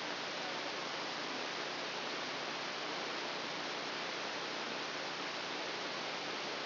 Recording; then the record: brain microelectrode recording played as sound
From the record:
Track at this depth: inside the subthalamic nucleus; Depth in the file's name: 2.909 mm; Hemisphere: left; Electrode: 2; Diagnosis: Parkinson's disease